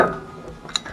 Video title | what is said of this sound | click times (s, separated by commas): Forklift operation (Diesel Technology) | lock it into place okay | 0.8 s